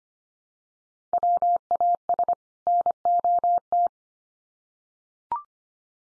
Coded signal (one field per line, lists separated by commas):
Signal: Morse code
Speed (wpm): 25 wpm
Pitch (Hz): 700 Hz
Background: none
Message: WAS NOT